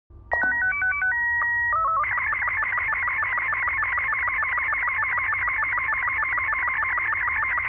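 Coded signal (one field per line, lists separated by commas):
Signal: SSTV (slow-scan television)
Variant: Robot 36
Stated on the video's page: Hidden encrypted signal from the game STALKER 2, part of an ARG puzzle added in patch 1.6.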